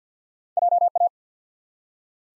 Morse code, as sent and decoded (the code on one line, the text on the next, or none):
.--- .-
JA